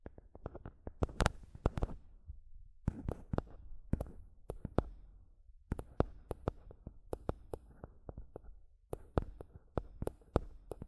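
Mic tapping and scratching: sharp, bright taps land in quick irregular bursts, several per second, with short pauses near two and five seconds. Soft scratchy rustling and a low thumping rumble fill the gaps between the hits.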